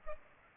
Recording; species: mosquito wingbeat signal from an infrared sensor; Culex pipiens